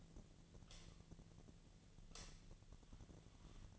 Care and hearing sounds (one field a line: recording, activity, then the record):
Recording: daily activity, microphone in the room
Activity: light on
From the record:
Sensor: 4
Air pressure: 1010.7 hPa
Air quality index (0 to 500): 171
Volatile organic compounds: 5 ppm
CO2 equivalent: 1742 ppm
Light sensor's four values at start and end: 38/109/43/44 and 38/110/44/44